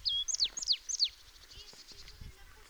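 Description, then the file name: Marsh tit calling: a note ending in a short level tail, then a few sharp descending high notes in quick succession, followed by faint background sounds. "Poecile palustris"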